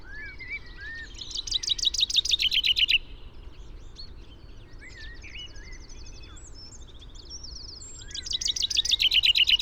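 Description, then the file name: Common chaffinch song, two loud rattling phrases separated by chirps and whistles from other birds in the background. "Fringilla coelebs"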